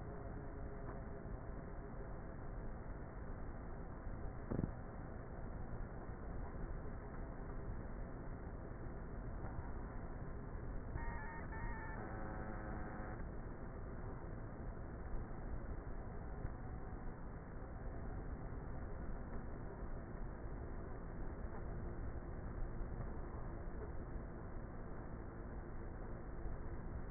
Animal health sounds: honeybee colony, microphone inside the hive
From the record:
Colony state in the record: queenless with a low population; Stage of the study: before two queens were removed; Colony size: about 30,000 bees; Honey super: no

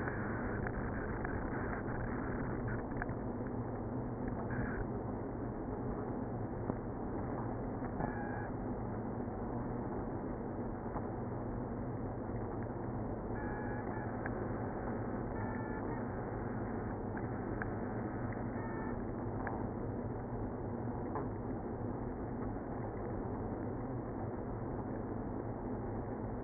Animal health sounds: honeybee colony, microphone inside the hive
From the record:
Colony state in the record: queenless (queen removed); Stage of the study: after two queens were removed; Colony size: about 60,000 bees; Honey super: yes

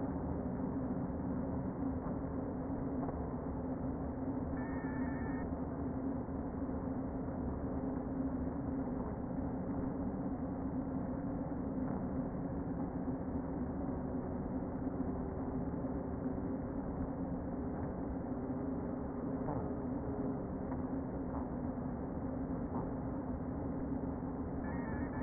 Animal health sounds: honeybee colony, microphone inside the hive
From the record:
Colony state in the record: queen present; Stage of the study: before two queens were removed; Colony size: about 60,000 bees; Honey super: yes

